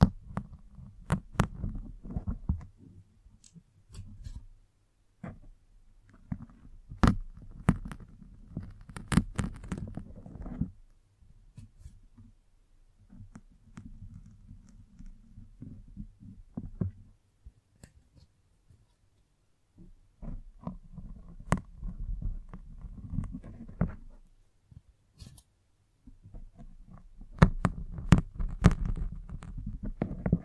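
Brushing and scratching against a microphone, heard as dense low rustling and rumbling with frequent sharp clicks and scrapes. Busy stretches run through the first ten seconds, return more softly around 12–17 seconds, and come back strongly from about 20 seconds on, separated by near-silent gaps.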